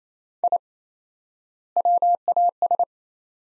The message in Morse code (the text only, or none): I WAS